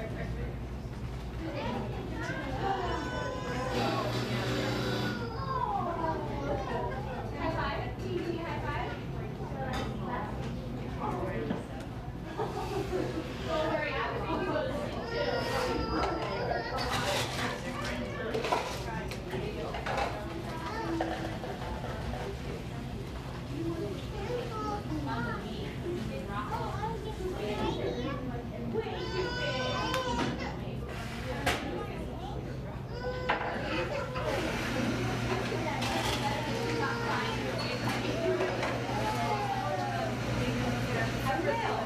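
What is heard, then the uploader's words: A buzzing coffee shop fills with constant overlapping conversation, many voices talking at once without pause. A low steady hum runs underneath throughout, and occasional sharp clinks and clatters break through, with the crowd noise swelling slightly louder near the end. A buzzing coffee shop.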